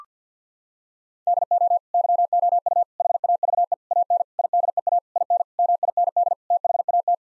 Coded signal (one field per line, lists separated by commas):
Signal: Morse code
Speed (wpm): 50 wpm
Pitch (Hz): 700 Hz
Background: none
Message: DO YOU HAVE AN IDEA IN MIND THAT